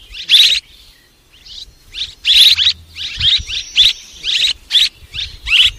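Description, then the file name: Swallow calls in bright chirping bursts in uneven clusters, with a short quiet pause after the first burst. "Tieng en nguc ran en vang"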